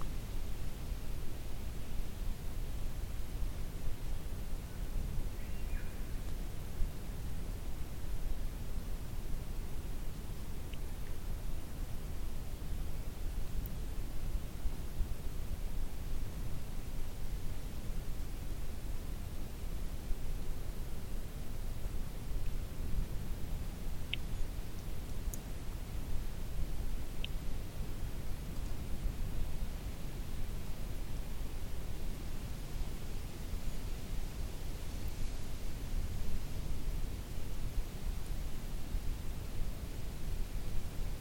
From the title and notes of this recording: Recorded at the Orroral Lookout of Corin Forest in the ACT. The area was covered in snow.